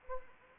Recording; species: mosquito wingbeat signal from an infrared sensor; Anopheles arabiensis